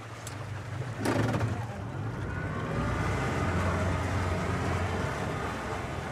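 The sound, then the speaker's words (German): A powerful outboard motor drones steadily as it pulls a boat backwards out onto a river, a low throbbing rumble with a brief clatter near the start, steady and fairly loud throughout. “Ein starker Außenbordmotor zieht das Boot rückwärts auf den Fluss hinaus.”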